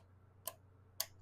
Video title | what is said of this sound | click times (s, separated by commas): 08-17-25 - Fred - Loading the Primary | And it snaps into place. | 1.0 s